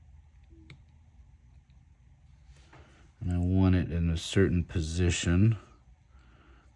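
A metal pivot screw with thread-locking gel is backed out on a Spyderco Para3 folding knife until its thread start drops into engagement with the mating thread, giving a single sharp click at 0.7 s. The screw is seated, and from about 3.2 s someone talks.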